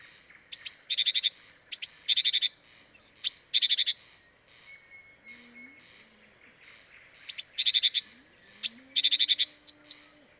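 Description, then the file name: Blyth's reed warbler song: rapid buzzy rattling notes in short bursts, mixed with sharp ticks and a slurred whistle, then a pause before the song resumes. Recorded at Dviete. "dviete acrocephalus dumetorum"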